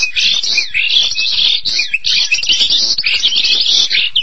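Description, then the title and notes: Starling song: a continuous, dense chatter of squeaky, scratchy notes and short whistles, with little pause throughout. "suara burung jalak"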